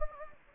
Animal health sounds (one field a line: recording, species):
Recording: mosquito wingbeat signal from an infrared sensor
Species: Anopheles gambiae